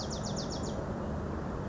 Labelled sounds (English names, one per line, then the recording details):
Bewick's Wren
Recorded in Sonoma County, California